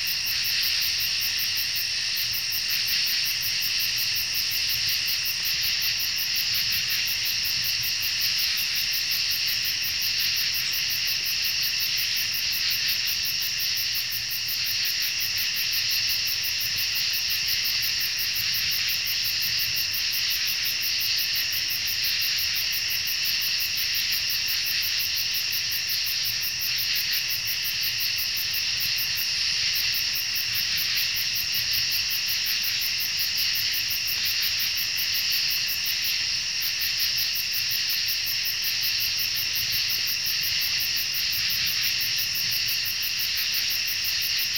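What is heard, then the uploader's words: Crickets chorus without pause across a night meadow, a dense, bright, steady trill layered in several high bands that hold the same level throughout. Beneath it sits a faint, low, uneven murmur, while the pulsing insect wall stays constant. August 2019. Cricketing croaking of the surrounding wooded meadow.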